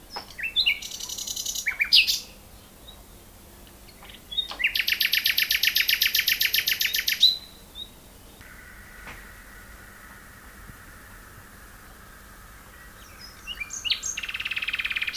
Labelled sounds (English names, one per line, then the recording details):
Common Nightingale song
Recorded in the wild
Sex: male
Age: adult
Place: Lübars (Fließtal), Berlin, DE
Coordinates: 52.6167, 13.35
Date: 2000-05-06 11:43
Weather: sunny, ca. 20 - 22°C
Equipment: Nagra SN, Kopie Uher 4000 Report Monitor
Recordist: Tembrock, Günter